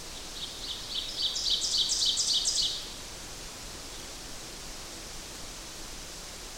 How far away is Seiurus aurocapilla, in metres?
about 20 m